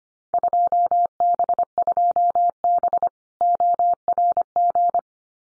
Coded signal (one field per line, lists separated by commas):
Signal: Morse code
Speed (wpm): 25 wpm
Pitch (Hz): 700 Hz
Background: none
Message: 2B 2B ORG